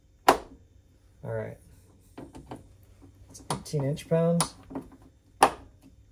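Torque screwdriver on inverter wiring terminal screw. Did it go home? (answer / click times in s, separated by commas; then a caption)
yes / 5.4 s. A torque screwdriver set to 18 inch-pounds re-tightens a loosened terminal screw on the wiring of an EG4 6000 XP inverter while someone talks. A sharp click sounds at 0.3 s, and the clutch clicks at 5.4 s, confirming the screw is properly torqued.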